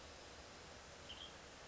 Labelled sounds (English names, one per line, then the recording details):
Western Tanager
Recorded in Sonoma County, California